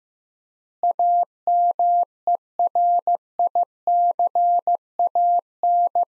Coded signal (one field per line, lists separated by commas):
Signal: Morse code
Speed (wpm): 15 wpm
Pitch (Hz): 700 Hz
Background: none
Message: AMERICAN